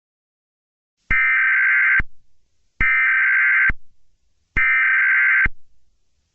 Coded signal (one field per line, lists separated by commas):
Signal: Emergency Alert System (SAME) tones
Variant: header bursts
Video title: EAS scenario Amy is going back to school shutdown